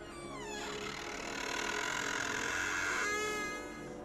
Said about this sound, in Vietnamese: Hắn vừa định đưa tay đẩy cửa thì đột nhiên có tiếng cửa mở nghe đến rợn người.